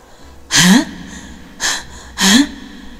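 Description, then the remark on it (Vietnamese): Three sharp, breathy gasps in quick succession, the first and last louder with a rising voiced catch, the middle one shorter and softer, with no talking, as Vương Hậu breathes hard while straining with great effort to get up. “Vương Hậu thở gấp, rõ ràng là đã dùng rất nhiều sức định trở dậy.”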